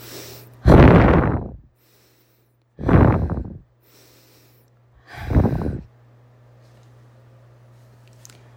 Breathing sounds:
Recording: deep breathing after running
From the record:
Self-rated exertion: light exertion (2 of 6)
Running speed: 5 miles an hour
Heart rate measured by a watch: 86 beats a minute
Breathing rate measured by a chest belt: 17 breaths a minute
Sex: female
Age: 30 years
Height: 160 cm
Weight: 51 kg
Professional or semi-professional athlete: no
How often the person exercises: 3 to 5 times a week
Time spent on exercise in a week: over 5 hours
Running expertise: no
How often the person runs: 3 to 5 times a week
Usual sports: running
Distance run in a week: 60 km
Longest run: 42 km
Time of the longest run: 267 minutes

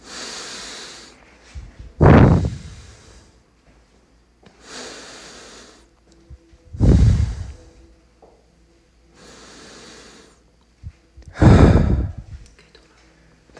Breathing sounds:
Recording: deep breathing after running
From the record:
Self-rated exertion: moderate exertion (3 of 6)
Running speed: 5 miles an hour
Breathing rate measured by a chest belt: 22 breaths a minute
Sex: male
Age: 31 years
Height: 178 cm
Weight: 72 kg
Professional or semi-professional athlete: no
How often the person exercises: 3 to 5 times a week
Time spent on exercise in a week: 2 to 3 hours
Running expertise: yes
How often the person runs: 3 to 5 times a week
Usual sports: running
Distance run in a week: 5 km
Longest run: 10 km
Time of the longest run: 65 minutes

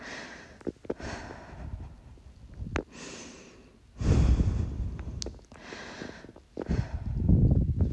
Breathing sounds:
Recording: deep breathing after running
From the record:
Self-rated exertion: vigorous exertion (4 of 6)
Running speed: 7 miles an hour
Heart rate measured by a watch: 112 beats a minute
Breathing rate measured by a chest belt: 20 breaths a minute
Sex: female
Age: 18 years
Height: 167 cm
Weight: 50 kg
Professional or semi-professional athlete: no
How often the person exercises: 1 to 2 times a week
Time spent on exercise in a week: 1 to 2 hours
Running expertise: no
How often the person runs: 1 to 2 times a week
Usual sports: running, walking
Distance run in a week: 1 to 2 km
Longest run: 6 km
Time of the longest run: 34 minutes

